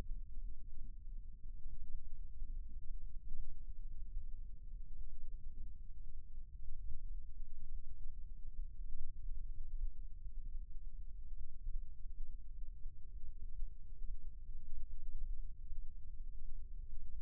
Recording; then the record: forearm muscle sounds (acoustic myography)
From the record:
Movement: rest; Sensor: system 1, eight BSWA MPA416 microphones around the upper forearm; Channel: 8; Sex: male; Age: 20 years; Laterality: left